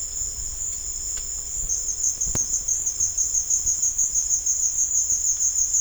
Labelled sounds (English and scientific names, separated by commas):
none